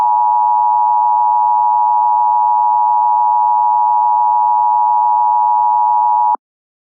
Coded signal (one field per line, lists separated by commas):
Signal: Emergency Alert System (SAME) tones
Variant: 853 and 960 Hz attention tone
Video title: EAS 90s Mini-Scenario: The Juneau Incident